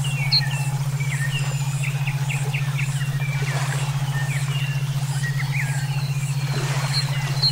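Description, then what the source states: Songbirds give a run of short, clipped whistled chirps, several in quick succession, while a steady throbbing low hum runs underneath. Brainwave therapy for training songbirds (omkicau).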